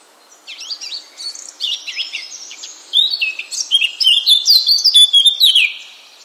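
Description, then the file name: Eurasian blackcap song: one phrase beginning with soft, hurried twittering and swelling into loud, pure, flute-like whistles before fading. "Sylvia atricapilla"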